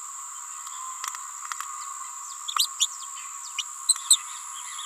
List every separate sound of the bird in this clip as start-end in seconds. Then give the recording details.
2.56-2.67, 2.79-2.87, 3.58-3.62, 4.10-4.17. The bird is a female. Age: 28 days. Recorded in a nest box in Venezuela. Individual 17B31A3